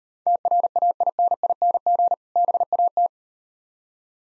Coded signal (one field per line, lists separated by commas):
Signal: Morse code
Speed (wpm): 39 wpm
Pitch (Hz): 700 Hz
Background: none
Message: TRAINING BAT